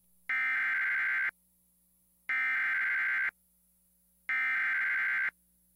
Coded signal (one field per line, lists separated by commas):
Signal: Emergency Alert System (SAME) tones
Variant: header bursts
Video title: EAS History - Broadcasts for the Past 20 Years! (2002 - 2022)